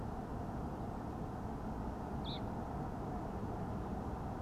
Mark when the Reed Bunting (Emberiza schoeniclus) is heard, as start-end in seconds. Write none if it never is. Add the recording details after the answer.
2.23-2.39. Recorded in France